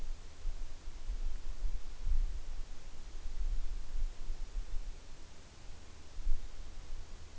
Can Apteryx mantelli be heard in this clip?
no